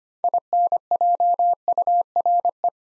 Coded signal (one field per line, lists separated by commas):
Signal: Morse code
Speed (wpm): 25 wpm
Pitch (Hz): 700 Hz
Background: none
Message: INJURE